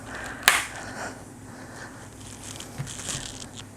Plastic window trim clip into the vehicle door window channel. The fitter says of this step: you can hear that clicking sound it takes quite a bit of force to